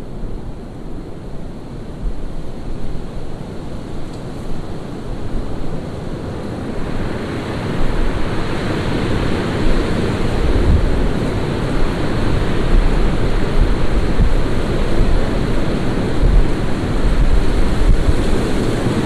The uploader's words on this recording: Windstorm. Recorded by Dan Bodah at Penn Haus, Dingmans Ferry PA.